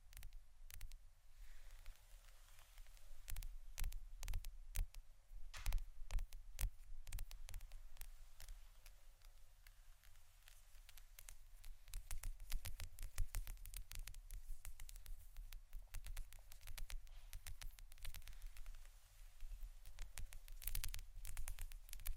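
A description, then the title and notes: Rapid, irregular tapping runs through the whole stretch, each tap a short crisp click over a low, steady hum. The taps come densely and unevenly, bunching into busier, louder flurries around the fifth and thirteenth seconds before thinning slightly near the end. ASMR Pure Tapping （No Talking）.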